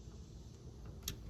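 A rubber window seal is tucked into the window track of a horse trailer's drop-down window, partly with a flathead screwdriver, over a low, steady background hum. At 1.1 s the lip of the seal pops into place with a short, sharp snap that stands out mostly in the upper frequencies, and the seal is seated.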